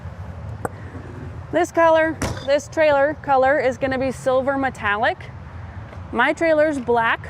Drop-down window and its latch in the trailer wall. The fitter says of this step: This window pops into place.